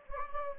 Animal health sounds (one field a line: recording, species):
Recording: mosquito wingbeat signal from an infrared sensor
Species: Anopheles gambiae